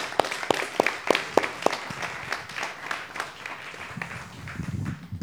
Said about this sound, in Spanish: Bueno, ya lo aplaudieron. Voy a pedir otro aplauso.